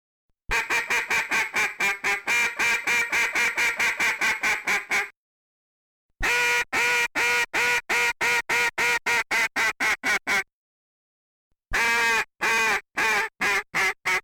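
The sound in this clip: Duck giving rapid series of harsh quacks in three bursts, several per second, loud and nasal, separated by brief pauses.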